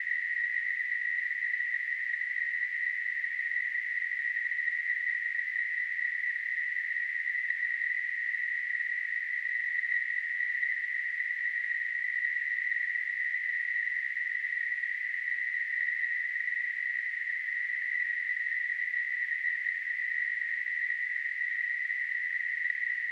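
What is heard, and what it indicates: Simulated tinnitus: a steady, unchanging narrow-band hiss centered near 2 kHz, with a faint component near 4 kHz, continuing without pause.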